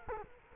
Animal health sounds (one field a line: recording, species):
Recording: mosquito wingbeat signal from an infrared sensor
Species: Culex quinquefasciatus